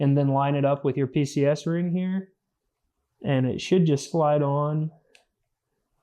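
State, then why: Seated. Someone talks while an optical gas imaging (OGI) camera payload is lined up, with its arrow pointing toward the centre of the drone, and slid onto the drone's quick-release mount ring. After the talking stops, a single sharp click at 5.1 s marks the payload clicking into place at the end of its travel, seated on the ring.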